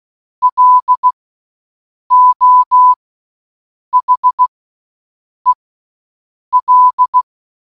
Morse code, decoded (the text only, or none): LO HEL